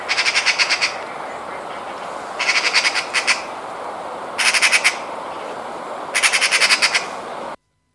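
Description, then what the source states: Eurasian Magpie chattering: four bursts of dry, rapid rattling notes over steady background hiss. Said to chatter and heard very often, hence its French name 'bavarde' (chatterbox).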